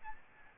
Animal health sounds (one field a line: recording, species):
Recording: mosquito wingbeat signal from an infrared sensor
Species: Aedes albopictus